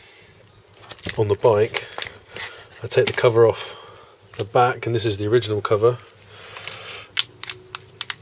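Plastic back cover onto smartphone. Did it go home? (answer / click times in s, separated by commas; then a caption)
yes / 8.0 s, 8.1 s. Someone talks while the original plastic back cover of a smartphone is pressed onto the phone, producing several sharp plastic clicks. A final loud pair of clicks at 8.0 s and 8.1 s marks the cover snapping into place, seated.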